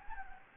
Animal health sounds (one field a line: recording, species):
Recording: mosquito wingbeat signal from an infrared sensor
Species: Anopheles gambiae